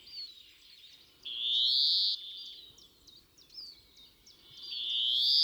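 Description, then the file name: European greenfinch calling with a strained, rising buzzy wheeze, then light chirps, and another wheeze starting at the end. "Chloris chloris"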